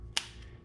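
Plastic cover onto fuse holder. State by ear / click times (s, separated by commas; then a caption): seated / 0.2 s. A plastic clip-on cover is pressed onto the 40 amp fuse holder of a Motogadget mo-unit install on a classic Honda to keep it watertight. It seats with a single sharp snap at 0.2 s over a low, steady background hum.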